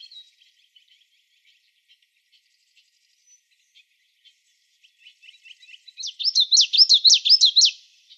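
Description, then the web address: Common yellowthroat song: soft scattered chips build up, then a strong rolling phrase of repeated high wavy notes sounds near the end. Recorded in Arizona. "Other Warblers COYE"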